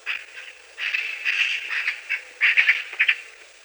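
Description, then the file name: Eurasian magpie uttering irregular harsh, squawking notes in quick uneven clusters. "Soroka"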